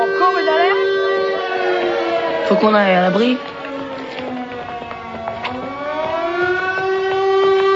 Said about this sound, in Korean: 그 순간 또 경보 사이렌이 울려 퍼집니다.